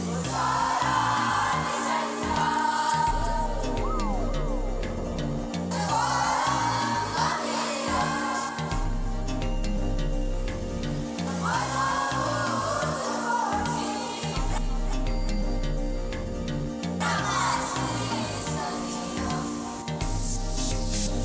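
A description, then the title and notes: Boys chant together in steady, sustained tones, their voices blending into a continuous low drone. Brighter phrases with rising and falling pitch return about every five to six seconds, while the overall loudness stays even throughout. Chants i recorded of the boys from parmarth nikethan.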